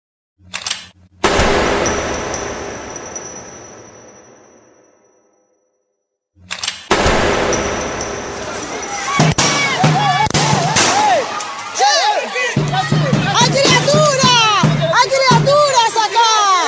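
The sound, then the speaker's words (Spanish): Two loud, sharp gunshot blasts from rubber-bullet fire at a crowd including many children, each ringing out in a long fading tail, followed by a chaotic burst of people shouting and screaming over further cracks. “Y empezaron los disparos.”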